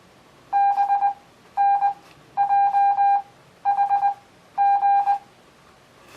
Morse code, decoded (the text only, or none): BNJHG